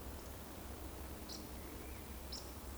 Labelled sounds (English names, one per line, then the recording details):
Eurasian Woodcock
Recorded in Baden-Württemberg, Germany, on 25 June 2020 at 19:52 UTC
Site 14569, 102 m above sea level